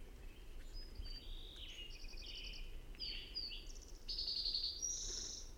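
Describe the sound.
Bird song with a varied string of high whistles, buzzy trills and rapid chittering notes, running almost without pause above low background noise.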